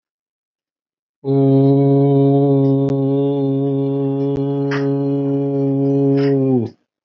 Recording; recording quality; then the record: sustained vowel as in boot; excellent, no background noise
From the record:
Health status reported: healthy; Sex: male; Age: 29 years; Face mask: not worn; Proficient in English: no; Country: India